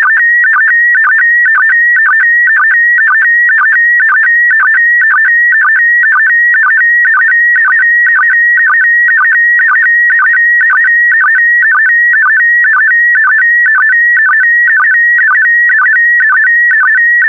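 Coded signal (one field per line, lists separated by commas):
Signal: SSTV (slow-scan television)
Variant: PD120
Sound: warbling stepped tones repeating about twice a second, with a steady high tone in each cycle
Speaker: complete you can now check your decoded image against the picture that is shown on the video that concludes the daily transmission of slow scan tv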